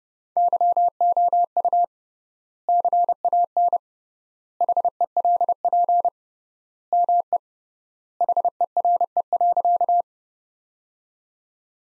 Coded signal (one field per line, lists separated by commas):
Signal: Morse code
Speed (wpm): 31 wpm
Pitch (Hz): 700 Hz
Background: none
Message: YOU CAN HELP ME HERE.